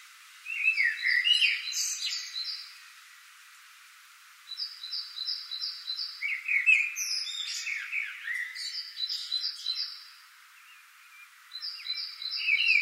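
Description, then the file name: Common blackbird delivering several mellow warbled phrases with high squeaky flourishes, alternating with rapid series of short, even high notes. "Turdus merula"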